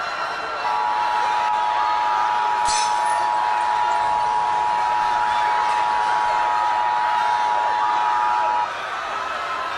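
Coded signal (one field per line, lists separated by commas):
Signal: Emergency Alert System (SAME) tones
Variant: 853 and 960 Hz attention tone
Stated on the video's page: Fictional EAS mini scenario.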